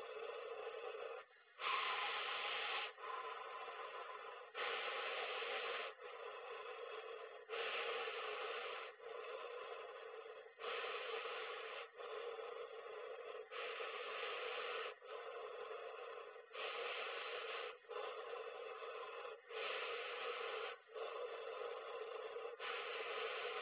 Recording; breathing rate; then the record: paced breathing near a phone; 20 breaths a minute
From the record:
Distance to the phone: 20 cm